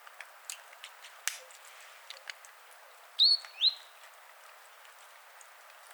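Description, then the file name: Great tit giving two quick high call notes about three seconds in, with scattered faint clicks and ticks around them. "Parus major"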